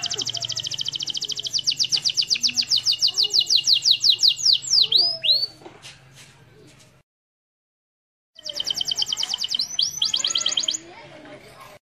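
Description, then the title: Canary song: long runs of rapid, even high trills with sweeping whistled notes, a short break, then another fast trill burst. Master song of a canary, used for training other birds. "Suara Burung Kenari Masteran"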